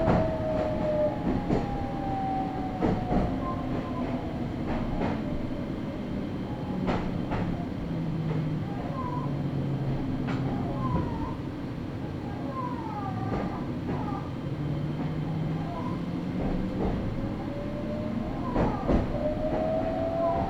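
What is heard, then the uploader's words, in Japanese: A train rolls steadily along with a constant low rumble, sharp clicks of wheels over rail joints, and long squealing tones rising and falling. ガタンゴトンの旅 名古屋鉄道 阿久比→内海 普通。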